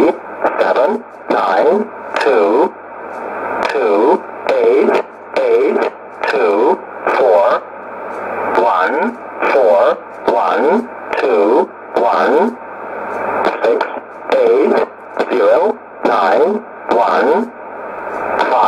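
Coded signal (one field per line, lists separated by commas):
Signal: numbers station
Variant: E07a, English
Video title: 09 02 2019 E07a English Man Numbers station in English to Eu 0925 on 12153 unknown tx site USB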